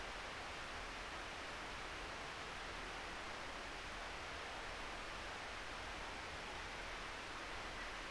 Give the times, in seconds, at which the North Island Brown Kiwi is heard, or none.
none